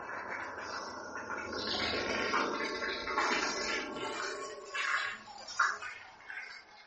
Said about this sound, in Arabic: يوه، هي رجعت تمطر تاني؟ هو ده وقته؟ كويس إن معايا البلطو والشمسية.